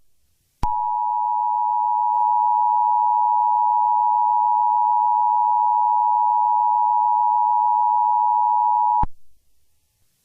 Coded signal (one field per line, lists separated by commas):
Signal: Emergency Alert System (SAME) tones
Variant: 853 and 960 Hz attention tone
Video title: EAS Scenario #2: The Deep Freeze (watch till the end)